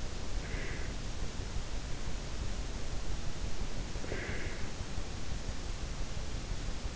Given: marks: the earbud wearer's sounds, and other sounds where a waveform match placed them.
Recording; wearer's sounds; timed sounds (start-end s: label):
sounds in sleep by an in-ear microphone; breath
0.35-1.05 s: breath
3.98-4.74 s: breath